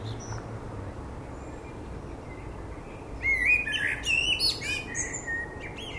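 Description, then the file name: Common blackbird song phrase after a quiet start: mellow fluty notes leading into a scratchy, high-pitched twittered ending. "Turdus merula"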